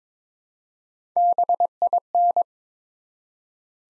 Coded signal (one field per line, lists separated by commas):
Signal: Morse code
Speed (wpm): 22 wpm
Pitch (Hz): 700 Hz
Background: none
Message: BIN